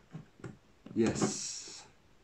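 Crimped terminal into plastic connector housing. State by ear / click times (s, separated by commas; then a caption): not seated / none. A crimped terminal is handled at a plastic connector housing, not yet pushed home, with faint ticks around 0.2 s and 0.4 s as someone talks. Nothing has seated or clicked yet.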